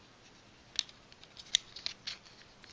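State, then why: Not seated. Plastic leg panels on a transforming robot toy are folded down on their double hinge and handled against the toy's body, giving brief sharp plastic ticks near 0.8, 1.6 and 1.9 seconds amid light rattling. Nothing has seated or clicked into place yet.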